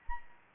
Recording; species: mosquito wingbeat signal from an infrared sensor; Anopheles arabiensis